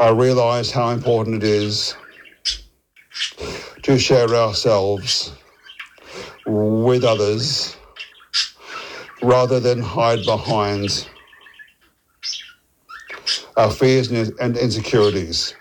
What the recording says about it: As someone who stutters, I spent a lot of time navigating those challenges. I recently attended a Maguire course in Melbourne to work on my speech and take back control.